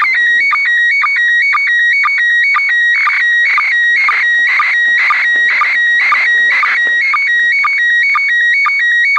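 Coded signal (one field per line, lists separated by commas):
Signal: SSTV (slow-scan television)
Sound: warbling whine sweeping around a steady tone, with short low blips twice a second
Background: radio static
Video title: Décodage d'images en provenance de l'ISS (SSTV)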